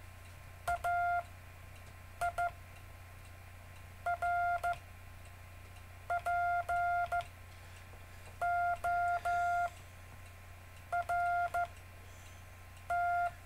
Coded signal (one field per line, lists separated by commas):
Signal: Morse code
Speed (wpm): 13 wpm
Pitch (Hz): 700 Hz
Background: none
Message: A I R P O R T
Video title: David Casler Live Stream Morse Code 4, 17 Mar 2018, 1600-1630 UTC